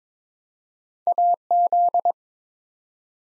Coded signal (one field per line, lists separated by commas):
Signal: Morse code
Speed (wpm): 23 wpm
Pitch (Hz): 700 Hz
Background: none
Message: AZ